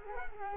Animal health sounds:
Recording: mosquito wingbeat signal from an infrared sensor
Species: Culex quinquefasciatus

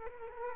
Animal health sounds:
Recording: mosquito wingbeat signal from an infrared sensor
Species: Culex quinquefasciatus

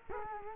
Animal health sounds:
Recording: mosquito wingbeat signal from an infrared sensor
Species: Culex quinquefasciatus

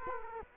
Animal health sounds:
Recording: mosquito wingbeat signal from an infrared sensor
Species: Culex quinquefasciatus

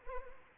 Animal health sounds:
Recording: mosquito wingbeat signal from an infrared sensor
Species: Anopheles arabiensis

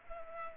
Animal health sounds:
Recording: mosquito wingbeat signal from an infrared sensor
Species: Culex pipiens

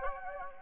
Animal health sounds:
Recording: mosquito wingbeat signal from an infrared sensor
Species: Anopheles gambiae

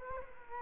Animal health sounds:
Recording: mosquito wingbeat signal from an infrared sensor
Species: Culex quinquefasciatus

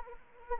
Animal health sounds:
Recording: mosquito wingbeat signal from an infrared sensor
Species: Anopheles arabiensis

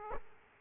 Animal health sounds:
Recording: mosquito wingbeat signal from an infrared sensor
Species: Aedes aegypti

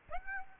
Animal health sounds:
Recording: mosquito wingbeat signal from an infrared sensor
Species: Aedes aegypti

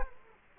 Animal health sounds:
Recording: mosquito wingbeat signal from an infrared sensor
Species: Culex quinquefasciatus

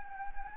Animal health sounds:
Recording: mosquito wingbeat signal from an infrared sensor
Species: Anopheles gambiae

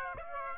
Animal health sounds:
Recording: mosquito wingbeat signal from an infrared sensor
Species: Aedes aegypti

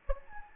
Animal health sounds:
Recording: mosquito wingbeat signal from an infrared sensor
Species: Anopheles gambiae

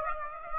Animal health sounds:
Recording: mosquito wingbeat signal from an infrared sensor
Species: Aedes aegypti

